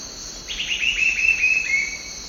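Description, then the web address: Red-billed scythebill song, a quick run of clear high notes sliding gradually downward for about one and a half seconds, with a constant shrill insect hum behind. Eastern lowlands of South America. "Natures Songs S America Eastern Lowlands. Red-billed Scythebill"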